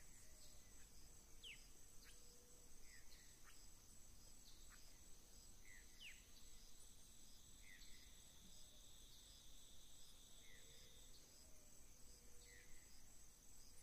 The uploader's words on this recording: Floresta Tropical- Mata Atlântica/Tropical Forest-Atlantic Forest. As florestas ombrófilas densas submontanas se estendem pelas encostas das serras entre as altitudes de 50 a 500 metros.